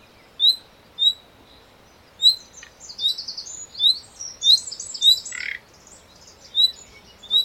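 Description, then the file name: Common nightingale calls, brief high whistles at irregular intervals, with a burst of fuller chattering notes followed by a harsh note. "Luscinia megarhynchos"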